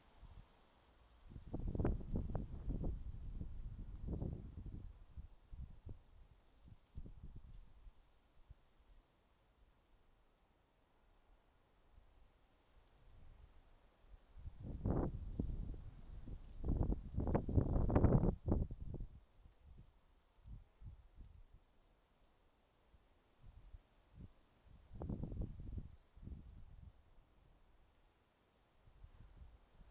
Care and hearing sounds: everyday scene through a hearing-aid microphone; wind on the microphone; wind, traffic, siren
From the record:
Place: suburban garden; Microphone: in the ear canal, left

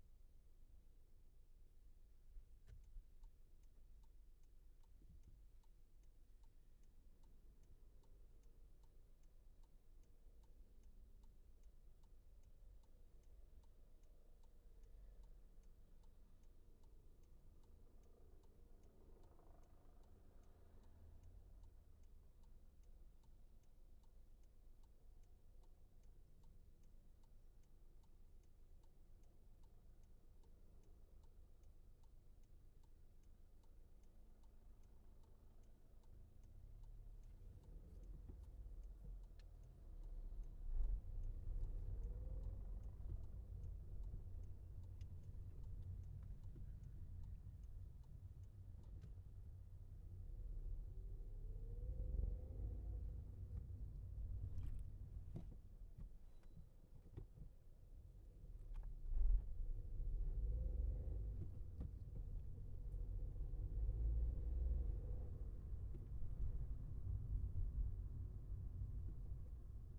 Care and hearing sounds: everyday scene through a hearing-aid microphone; in a vehicle; engine, traffic, helicopter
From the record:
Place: Skoda Fabia, gasoline engine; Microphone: behind the ear, left, rear

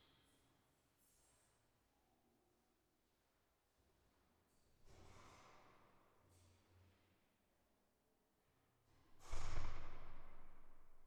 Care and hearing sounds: everyday scene through a hearing-aid microphone; reverberant space; background noise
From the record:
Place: staircase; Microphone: behind the ear, left, front

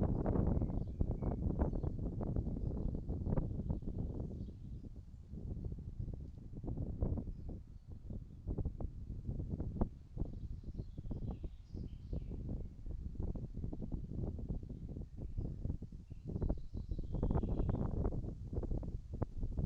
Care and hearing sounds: everyday scene through a hearing-aid microphone; wind on the microphone; wind, birds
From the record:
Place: in front of a rural house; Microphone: in the ear canal, right

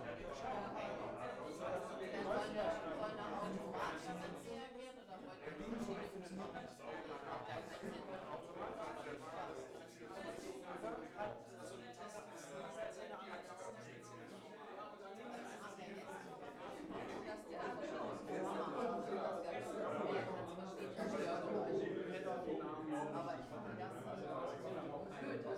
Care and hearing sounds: everyday scene through a hearing-aid microphone; many people talking; many voices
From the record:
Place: bistro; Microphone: behind the ear, left, front

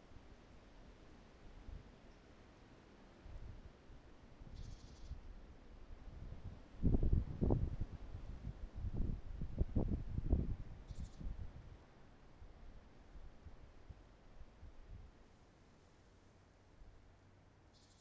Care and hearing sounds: everyday scene through a hearing-aid microphone; wind on the microphone; wind, traffic, birds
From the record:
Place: suburban garden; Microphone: behind the ear, right, front

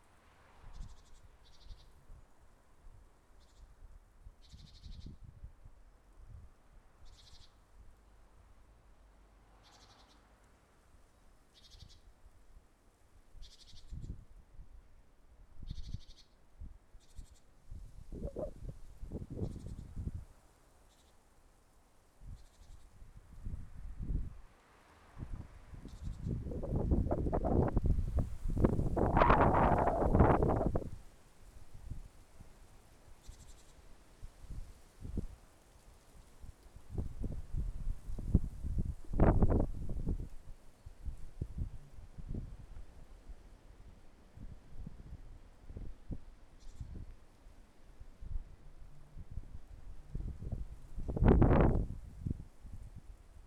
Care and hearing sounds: everyday scene through a hearing-aid microphone; wind on the microphone; wind, traffic, birds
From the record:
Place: suburban garden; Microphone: behind the ear, left, rear

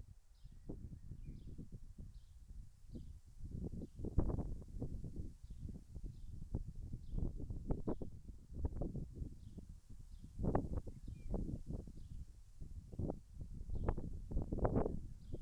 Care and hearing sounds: everyday scene through a hearing-aid microphone; wind on the microphone; wind, birds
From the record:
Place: in front of a rural house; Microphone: behind the ear, left, rear

